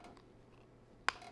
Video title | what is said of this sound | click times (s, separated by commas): Transformers Haslab Victory Saber Review | pull that you might hear a slight click pull that foot all the way through over that gray piece fold | 1.1 s